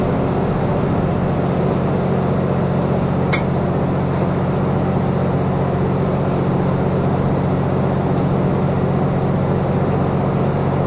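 Steady low engine drone inside the Kiha 183 Asoboy diesel train, a constant rumble with one brief click or tick around three seconds.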